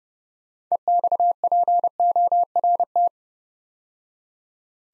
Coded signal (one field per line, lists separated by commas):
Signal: Morse code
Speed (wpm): 30 wpm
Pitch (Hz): 700 Hz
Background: none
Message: EXPORT